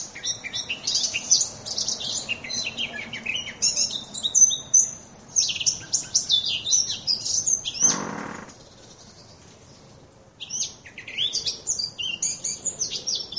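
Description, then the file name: Eurasian blackcap: songbird warbling in quick high chattering phrases, broken by a short rustling noise and a pause before the singing resumes. "moenchsgrasmuecke"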